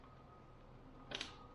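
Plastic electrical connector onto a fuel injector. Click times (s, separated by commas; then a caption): 1.2 s. On a 2000 Acura 3.2TL having its intake gaskets replaced, the second plastic electrical connector is pushed onto a fuel injector. Against a low steady background hum, a sharp click at 1.2 seconds, followed by a second brief snap just after, shows the connector seating home.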